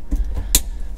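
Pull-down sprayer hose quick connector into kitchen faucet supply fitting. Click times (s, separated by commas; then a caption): 0.6 s. A kitchen faucet's pull-down sprayer hose is pushed onto the faucet's quick-connect supply fitting under the sink. There is a soft knock at 0.1 s, then one sharp, loud click at 0.6 s. The connector seats at 0.6 s.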